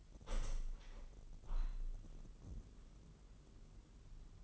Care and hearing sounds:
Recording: daily activity, microphone in the room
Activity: open window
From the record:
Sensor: 4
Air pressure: 999.3 hPa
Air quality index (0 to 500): 140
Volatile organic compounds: 3 ppm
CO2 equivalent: 1378 ppm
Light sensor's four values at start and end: 23/57/24/26 and 23/57/24/26

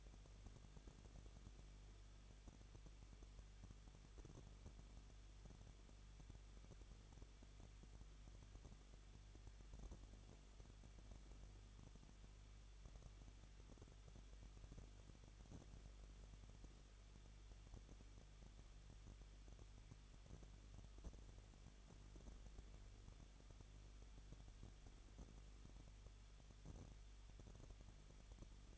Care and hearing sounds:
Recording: daily activity, microphone in the room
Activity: no activity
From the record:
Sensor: 4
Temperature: 23.0 degrees Celsius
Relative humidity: 34.1%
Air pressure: 1007.3 hPa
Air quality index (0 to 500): 213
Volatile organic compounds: 14 ppm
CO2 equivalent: 2456 ppm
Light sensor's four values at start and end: 2/3/1/1 and 2/3/1/1

